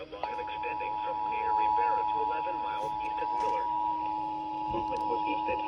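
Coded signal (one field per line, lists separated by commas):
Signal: Emergency Alert System (SAME) tones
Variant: 853 and 960 Hz attention tone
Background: speech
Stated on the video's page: Severe Thunderstorm Warning received on NOAA Weather Radio and FM radio.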